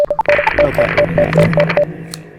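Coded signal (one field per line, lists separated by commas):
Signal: none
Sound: phone notification beeps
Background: speech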